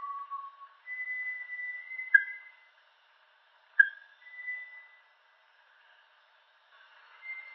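Bartlett's tinamou giving long, pure whistled notes at differing pitches, some sliding slightly, with quiet gaps between phrases and a faint hiss behind.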